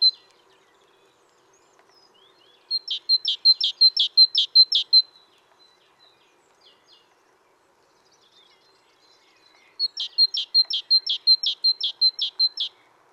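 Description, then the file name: Great tit giving two bouts of a repeated see-saw two-note phrase, high whistle then lower note, each bout several phrases long, separated by a quiet gap. "Parus major"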